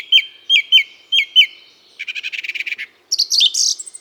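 Bird song: five quick downslurred whistled notes, then a dry rapid rattle-like trill, ending in a burst of high chattering twitters.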